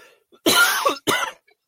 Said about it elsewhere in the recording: Having just come off a bit of a cold, you'll hear the occasional cough. I also have my Rode NT1-1A microphone here at the ready.